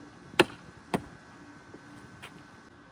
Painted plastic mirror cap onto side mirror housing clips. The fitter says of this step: Make sure they snap into place.